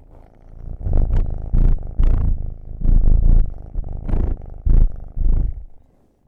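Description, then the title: Cat purring loudly, a deep rattling rumble that pulses in strong waves, each surge rough and buzzy, fading at the end. "Field Recs Purrathon RAW"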